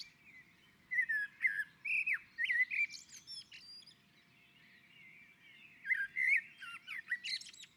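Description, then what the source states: Common blackbird song: a series of mellow fluty whistled notes and twitters in two phrases over faint low background hum. On a roof.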